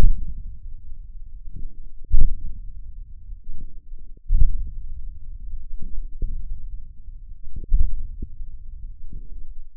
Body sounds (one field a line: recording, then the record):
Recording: forearm muscle sounds (acoustic myography)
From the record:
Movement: hook grip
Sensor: system 1, eight BSWA MPA416 microphones around the upper forearm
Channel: 8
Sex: male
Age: 28 years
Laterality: right